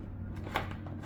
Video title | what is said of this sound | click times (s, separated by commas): CKX Razor Helmet Unboxing | that's pretty cool it locks into place locks up and locks down | 0.6 s